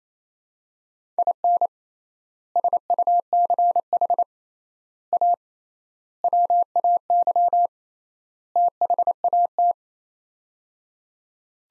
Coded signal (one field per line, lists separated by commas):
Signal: Morse code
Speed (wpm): 27 wpm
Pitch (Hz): 700 Hz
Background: none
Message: IN SUCH A WAY THAT